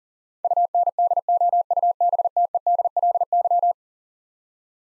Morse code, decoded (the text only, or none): UNDOUBTEDLY